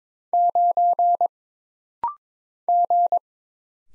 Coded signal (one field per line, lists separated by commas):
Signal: Morse code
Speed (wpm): 22 wpm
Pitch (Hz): 700 Hz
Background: none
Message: 9 G